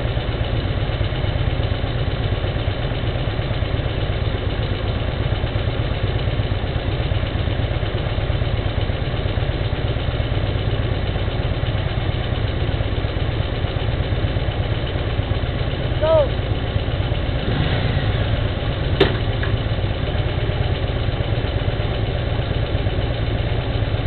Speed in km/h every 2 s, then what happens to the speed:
0, 0, 0, 0, 0, 0, 0, 0, 0, 0, 0, 0.
0-24 standing.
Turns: none.